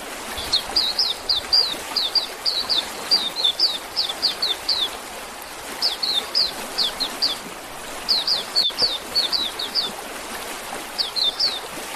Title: Kicau Kacer